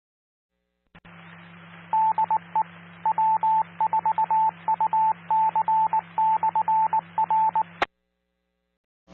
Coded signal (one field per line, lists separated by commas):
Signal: Morse code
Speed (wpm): 19 wpm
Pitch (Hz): 880 Hz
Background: radio noise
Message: DE W4UC/R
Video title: 🔴LIVE Florida's Amateur Radio Repeaters Using QueCast, Never Miss a Thing!